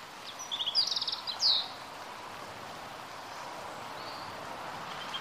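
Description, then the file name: European robin song: one short burst of high, tinkling trills and thin notes in the first seconds, then only faint hiss with a few weak notes. "Erithacus rubecula"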